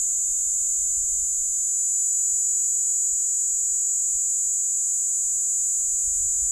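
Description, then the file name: Cicada song, an unbroken shrill buzz held at an even pitch for the whole stretch, with faint low rumbling underneath. Recorded at Steytlerville. "P plumosa Steydtlerville"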